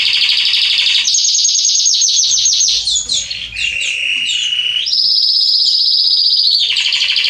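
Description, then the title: Belgian canary song of rapid high trills changing pitch in steps, with a short lower rolling section mid-phrase. Male Belgian canary singing a lot, used to warm up and train young canaries. "Canary Training Esquente Seu Filhote E Canario Belga Macho Cantando Muito CANTO DO CANRIO"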